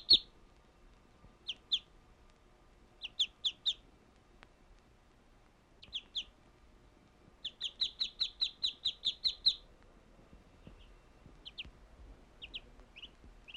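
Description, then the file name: Bird chirping in short groups of a few high notes, then a quicker run of about ten chirps, then a few more, with quiet pauses between groups. "Birds chirping and tweeting"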